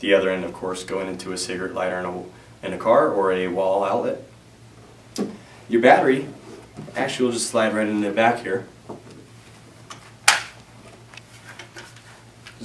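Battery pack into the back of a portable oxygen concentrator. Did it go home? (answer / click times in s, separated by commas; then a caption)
yes / 10.3 s. A battery pack is slid into the back of a SeQual Eclipse 3 portable oxygen concentrator while someone talks, and it latches into place with a sharp click at 10.3 s. A few softer taps follow as the pack settles, and the battery is seated.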